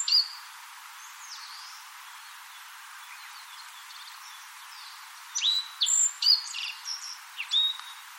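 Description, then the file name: Black-faced bunting with a few faint high notes at first, then after a quiet stretch a clearer run of thin, sharp, downslurred whistles. "aoji"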